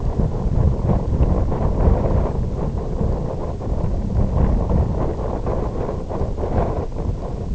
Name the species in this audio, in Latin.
none